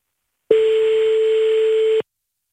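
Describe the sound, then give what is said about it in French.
A telephone dial tone as a phone number is being called: one steady, loud, unbroken mid-pitched hum lasting about a second and a half, then cutting off abruptly, with no dialing beeps or voices. “On compose son numéro de téléphone.”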